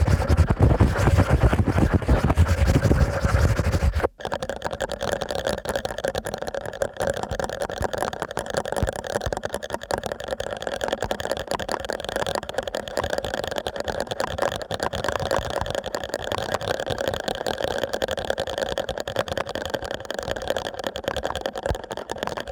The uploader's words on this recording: ASMR Strong Fast Ear Cleaning Collection (No Talking).